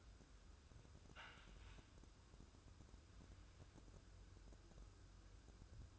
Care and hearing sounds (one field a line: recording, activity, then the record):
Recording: daily activity, microphone in the room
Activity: wipe stove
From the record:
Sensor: 2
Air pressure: 1015.0 hPa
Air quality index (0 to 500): 74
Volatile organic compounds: 1 ppm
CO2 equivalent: 910 ppm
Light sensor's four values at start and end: 13/35/14/15 and 13/35/14/15